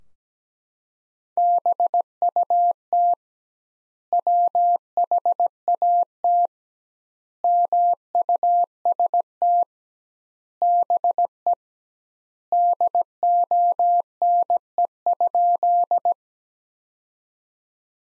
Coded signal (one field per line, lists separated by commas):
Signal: Morse code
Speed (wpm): 17 wpm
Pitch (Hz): 700 Hz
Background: none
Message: BUT WHAT MUST BE DONE?